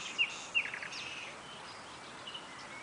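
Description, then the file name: Common nightingale calls: two sharp, bright rising notes close together near the start, followed by faint scattered notes over steady background hiss. "Luscinia megarhynchos"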